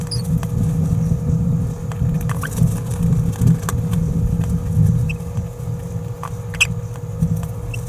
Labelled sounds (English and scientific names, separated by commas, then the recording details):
Green-rumped Parrotlet (Forpus passerinus) babbling
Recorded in a nest box in Venezuela
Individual 18B17A4